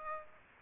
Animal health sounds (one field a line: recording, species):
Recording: mosquito wingbeat signal from an infrared sensor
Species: Aedes aegypti